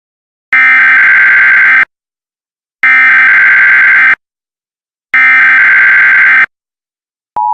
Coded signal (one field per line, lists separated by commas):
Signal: Emergency Alert System (SAME) tones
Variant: header bursts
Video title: EAS Scenario #1: Zombi-Nado